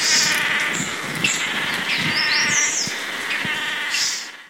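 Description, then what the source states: Swallow-tailed manakin display calls: a steady nasal buzz. During the dance display; recorded at PESM; 4-5-13.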